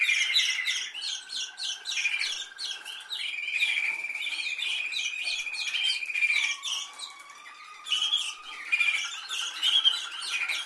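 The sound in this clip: Canary song mixing rapid staccato chips with long, smooth rolling tours that shift between higher and lower pitches.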